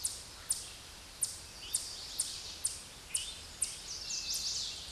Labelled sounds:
Chestnut-sided Warbler song

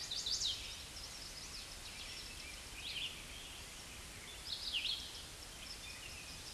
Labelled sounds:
Red-eyed Vireo song

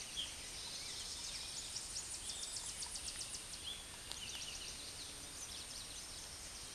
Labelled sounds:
Tennessee Warbler song

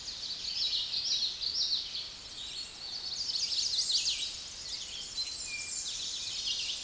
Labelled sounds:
Chestnut-sided Warbler song

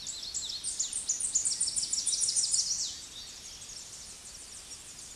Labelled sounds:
Tennessee Warbler song

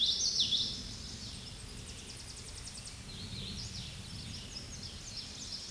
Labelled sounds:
Hooded Warbler song

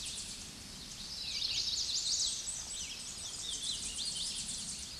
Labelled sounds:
Hooded Warbler song

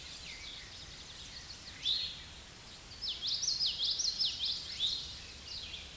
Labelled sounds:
Common Yellowthroat song

